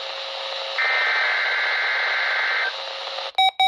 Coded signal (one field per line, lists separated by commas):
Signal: Emergency Alert System (SAME) tones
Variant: header bursts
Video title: (EAS "#410") Required Weekly Test from WWF60 (Buck Mtn., NC) - 10/23/2024